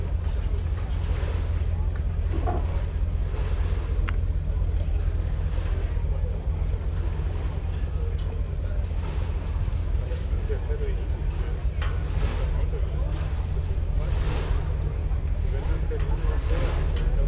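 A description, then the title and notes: Late afternoon at Nagu Strandvagen: a steady, deep motor hum runs unbroken through the whole stretch, with murmuring voices and scattered chatter layered above it. A few sharp knocks or clicks stand out, around the 4- and 12-second marks. Late afternoon at Nagu Strandvagen. On the water, all manner of motor launches, sail- and speedboats slide in and out of audible range. Recorded by Julian Weaver.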